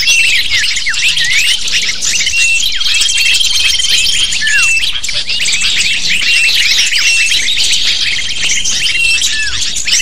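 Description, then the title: Lovebird: continuous twittering of many lovebirds, sharp high chirps and squawks tumbling over one another with no gaps. Lure sound used to attract lovebirds. "PIKAT BURUNG LOVEBIRD"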